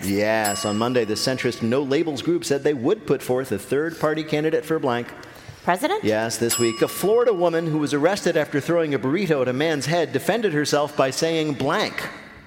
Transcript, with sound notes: On Monday, the centrist No Labels group said they would put forth a third-party candidate for blank.
President?
Yes.
(SOUNDBITE OF BELL)
This week, a Florida woman who was arrested after throwing a burrito at a man's head defended herself by saying blank.